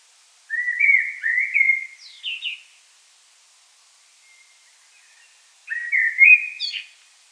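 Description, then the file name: Common blackbird delivering two fluted, slightly rising warbled phrases that finish in thin high squeaks, with a short silence between them. "Turdus merula"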